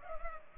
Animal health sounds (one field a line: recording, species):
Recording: mosquito wingbeat signal from an infrared sensor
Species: Culex pipiens